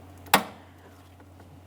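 A plastic retaining clip on the interior door handle of a 2007-2017 Jeep Patriot is swung over the metal door handle rod and pressed home. It gives one sharp, bright click at 0.3 s, followed by faint soft ticks near 1.2, 1.4 and 1.7 s. The clip is seated, and a wiggle of the rod confirms it cannot fall off.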